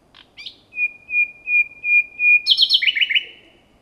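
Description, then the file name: Common nightingale song: two sharp opening notes, then a series of five pure whistles on one pitch, swelling in loudness, ending in a fast rich trill. "Luscinia megarhynchos"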